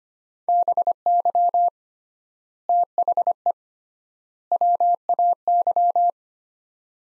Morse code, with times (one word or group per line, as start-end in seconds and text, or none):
0.5-1.7 BY
2.7-3.5 THE
4.5-6.1 WAY